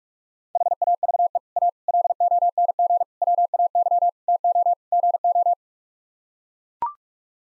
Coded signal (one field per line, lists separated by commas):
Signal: Morse code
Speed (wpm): 42 wpm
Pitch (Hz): 700 Hz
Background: none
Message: HAVE A LONG WAY TO GO